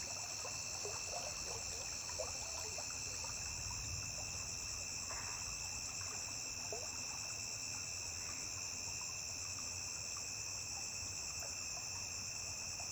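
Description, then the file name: Cricket song, an even high trill, with soft trickling water sounds underneath. A single high-pitched cricket singing beside a river. "Grilo agudo isola cantando beira de rio"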